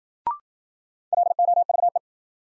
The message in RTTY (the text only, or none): none